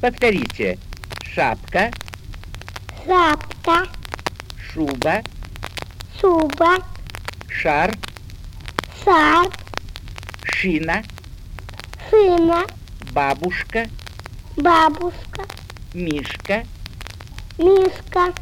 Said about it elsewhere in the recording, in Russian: Нарушение произношения шипящих звуков, именуемое шипящим сигматизмом.